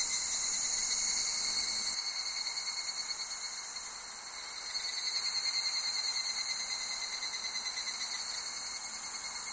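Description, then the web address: Insects droning in a shrill layered chorus, one high pulsing voice stopping after about two seconds while the others continue steadily. Summer ambience of insects recorded in Japan. "Sound Effects-Foundation 1 AMBIENCE JAPANESE SUMMER INSECTS"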